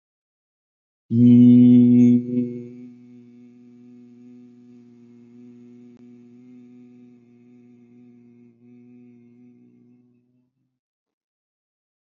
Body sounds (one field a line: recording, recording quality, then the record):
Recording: sustained vowel as in beet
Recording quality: excellent, no background noise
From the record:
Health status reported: healthy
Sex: male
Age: 52 years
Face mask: not worn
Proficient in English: yes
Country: India